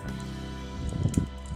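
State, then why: Seated. A small joining clip between the two legs of a plastic Iron Factory IF EX-43 Primal Commander transforming figure is pushed together in jet mode over soft, steady background music. After a faint tap at 0.9 s, a sharp click at 1.1 s shows the clip snapping into place, and the leg connector is seated.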